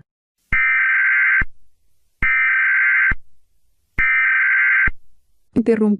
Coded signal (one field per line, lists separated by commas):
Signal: Emergency Alert System (SAME) tones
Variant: header bursts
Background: speech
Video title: Every. Single. North American. Eas. Alarm.